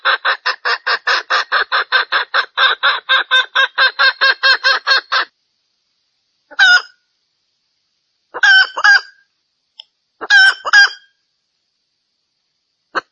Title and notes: Panggilan Ayam Hutan Betina. Cukup dua menit dengan suara ayam hutan betina bikin point puluhan pejantan. Pemikat Ayam Hutan